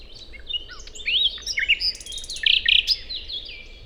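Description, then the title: Common nightingale song: a jumble of varied whistles, slurred notes and short harsh buzzy bursts delivered quickly. First nightingale songs of the year: a solo daytime singer on a wide drivable track in planted Forêt de Chautagne near roads, Serrières-en-Chautagne, France; Dodotronic stereo parabola. "Forêt de Chautagne - Serrières-en-Chautagne, France - Premiers rossignols de l'an"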